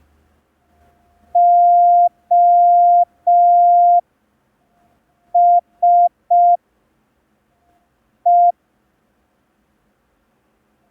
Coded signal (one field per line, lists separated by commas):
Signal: Morse code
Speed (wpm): 5 wpm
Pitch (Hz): 700 Hz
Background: none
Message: O S E